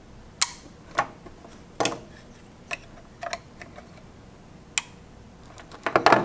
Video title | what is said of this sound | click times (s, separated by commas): 07K Standalone ECU & Swap Harness (Performance Electronics - Instructions) | you just slide it in until you hear a click | 0.4 s, 4.8 s